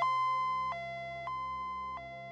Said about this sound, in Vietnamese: Trong màn đêm sương lạnh, người ta nghe thấy tiếng bước chân dồn dập, tiếng người dục dã hốt hoảng, tiếng xe cấp cứu vang vọng cả khu biệt thự cao cấp.